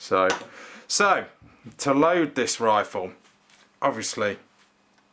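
Someone talks while handling a BSA R10 Mark II air rifle, about to draw its bolt back into the cocked latch position. Only faint handling sounds are heard under the speech, and nothing has seated or clicked yet.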